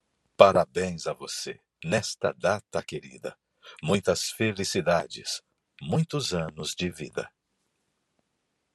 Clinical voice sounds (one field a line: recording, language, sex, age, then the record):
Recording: short text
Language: Brazilian Portuguese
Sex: male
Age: 40 to 49 years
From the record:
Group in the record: control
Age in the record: 49 years